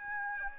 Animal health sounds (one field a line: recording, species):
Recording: mosquito wingbeat signal from an infrared sensor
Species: Aedes albopictus